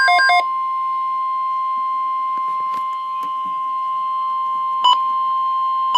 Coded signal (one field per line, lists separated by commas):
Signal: Emergency Alert System (SAME) tones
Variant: 1050 Hz attention tone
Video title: Tornado Watch (EAS #58)